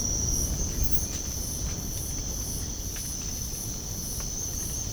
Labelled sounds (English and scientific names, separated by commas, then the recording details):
none
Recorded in pastures near Puerto Asís, Putumayo, Colombia, on 21 March 2025 at 05:00
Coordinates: 0.497, -76.327
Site G072